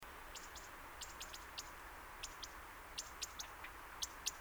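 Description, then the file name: European robin calls: short sharp ticking clicks in loose pairs and triplets, about one burst a second, over steady background hiss. "Erithacus rubecula"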